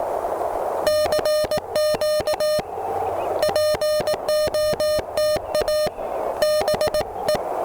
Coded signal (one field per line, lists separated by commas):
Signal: Morse code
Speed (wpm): 18 wpm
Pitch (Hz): 610 Hz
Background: none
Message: CQ POTA BE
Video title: Taking the truSDX on its first CW POTA activation! Can it activate? We'll find out!